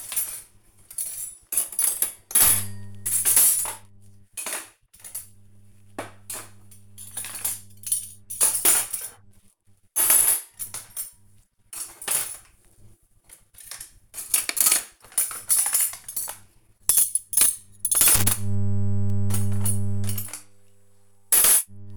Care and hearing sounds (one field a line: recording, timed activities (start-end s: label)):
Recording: household activities, microphone on the right wrist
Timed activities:
0.00-21.97 s: cleaning out the dishwasher